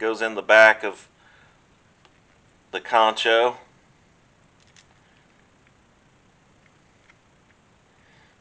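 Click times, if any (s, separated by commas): none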